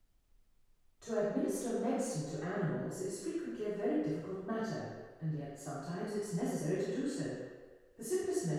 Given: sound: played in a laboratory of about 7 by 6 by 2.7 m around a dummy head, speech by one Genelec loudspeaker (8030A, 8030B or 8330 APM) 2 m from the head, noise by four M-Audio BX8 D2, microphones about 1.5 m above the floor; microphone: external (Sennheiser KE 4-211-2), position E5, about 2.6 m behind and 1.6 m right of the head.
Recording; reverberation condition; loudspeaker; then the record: female speech in English; high; 150 degrees to the left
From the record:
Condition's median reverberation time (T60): about 1300 ms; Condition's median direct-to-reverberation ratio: about -4.0 dB